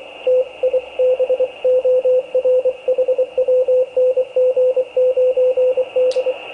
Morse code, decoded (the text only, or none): TIBOR HW NG9D